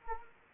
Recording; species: mosquito wingbeat signal from an infrared sensor; Anopheles arabiensis